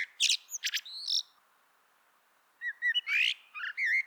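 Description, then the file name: Common blackbird singing two phrases split by a quiet gap, mixing whistled notes with thin, high scratchy notes. "Turdus merula"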